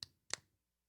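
A TalkPod A136Plus handheld radio is centered on its belt clip holder and pushed in until it snaps into place with a sharp click at 0.0 s, seating firmly on the holder. A second, louder click follows at 0.3 s, then silence.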